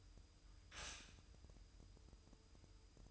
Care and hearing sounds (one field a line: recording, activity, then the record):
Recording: daily activity, microphone in the room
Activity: stop toaster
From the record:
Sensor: 2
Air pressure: 988.4 hPa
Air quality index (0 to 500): 191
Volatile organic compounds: 183 ppm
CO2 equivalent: 4154 ppm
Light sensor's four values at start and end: 20/68/27/25 and 20/68/27/25